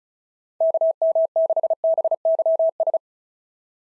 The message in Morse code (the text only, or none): KM6BYS